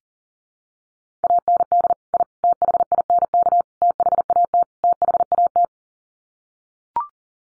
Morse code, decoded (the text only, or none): AND I THINK THAT THAT